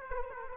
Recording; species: mosquito wingbeat signal from an infrared sensor; Aedes aegypti